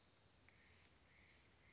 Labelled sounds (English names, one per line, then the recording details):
Steller's Jay
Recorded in Sonoma County, California